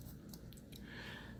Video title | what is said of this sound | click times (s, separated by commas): SHOKY REVIEWS: GUNPLA SD CROSS SILHOUETTE ZAKU II | plug that on you hear the double snap snap snap and | 0.3 s, 0.5 s, 0.8 s